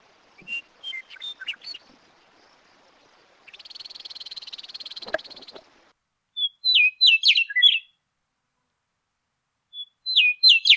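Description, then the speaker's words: Western meadowlark songs: quick whistled phrases with descending notes, a buzzy rattling phrase in the middle, then more whistled phrases, the last cut off. A few example songs. "Here are just a few examples of western meadowlark songs."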